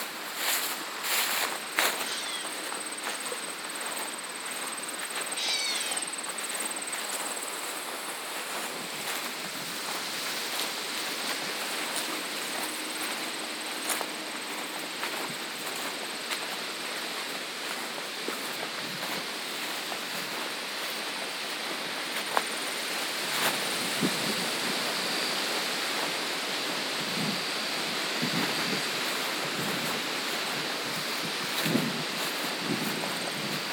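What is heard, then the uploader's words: Footfalls on a farm trail crunch over a constant rushing hiss. Scattered sharp crackles run throughout, and from about the 23-second mark deeper, heavier steps thud every second or so. A brief rising chirp sounds near 5 seconds, and a thin high whine lingers early on. Footfalls on a Farm Trail.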